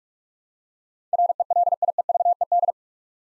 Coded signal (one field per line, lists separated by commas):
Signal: Morse code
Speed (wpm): 43 wpm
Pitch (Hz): 700 Hz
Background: none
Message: RELIEVED